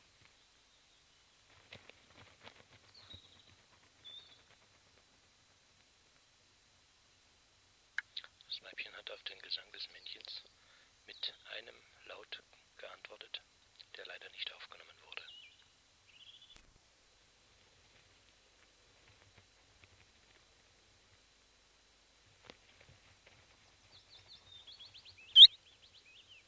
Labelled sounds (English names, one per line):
Willow Warbler